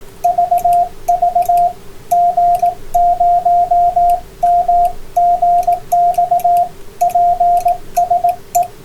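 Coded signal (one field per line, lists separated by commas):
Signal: Morse code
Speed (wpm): 18 wpm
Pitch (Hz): 700 Hz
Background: radio noise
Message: VV G0MGX PSE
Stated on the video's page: CW on an Icom IC-7610, low bands with little noise.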